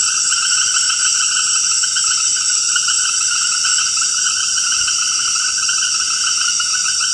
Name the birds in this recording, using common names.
none